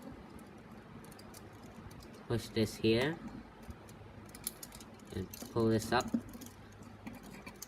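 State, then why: Seated. While a plastic Transformers Bludgeon and Drift figure is being transformed, someone talks as a plastic part is pushed and pulled up, with small plastic clicks and handling taps along the way. A sharp snap at 7.6 s is the part locking into its joint, seated in place.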